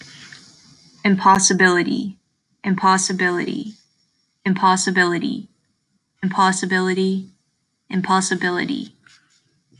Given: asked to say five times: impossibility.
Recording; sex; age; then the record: repeated word; female; 18 to 19 years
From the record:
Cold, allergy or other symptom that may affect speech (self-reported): no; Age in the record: 19 years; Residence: Texas, United States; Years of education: 14